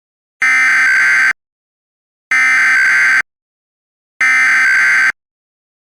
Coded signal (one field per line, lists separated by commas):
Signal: Emergency Alert System (SAME) tones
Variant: header bursts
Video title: EAS What if Mock: RWT O'Toole